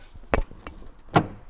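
The plastic rear cover of an Actev Arrow go-kart is spread slightly, lined up on its frame posts and pushed in on both sides. Two loud, sharp snaps ring out at 0.3 s and 1.2 s, with a faint tick at about 0.7 s between them. The cover latches and is seated on its posts.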